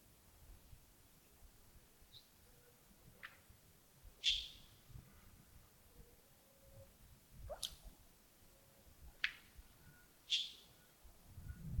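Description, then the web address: Bird calls, a scattering of short, sharp downward chips at irregular intervals, several louder ones near the end, over a low background hum. Early morning at Yagongding (亚公顶), 28 December 2025, around 07:40. "2025-12-28 亚公顶清晨 birds"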